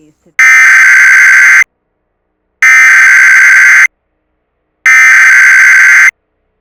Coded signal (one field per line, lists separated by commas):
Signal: Emergency Alert System (SAME) tones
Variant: header bursts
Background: speech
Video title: may16-1986-6AM-EAS.mp4